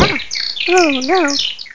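Birds calling: quick high chirps and twitters over two wavering, low whistled notes that rise and fall, all within under two seconds.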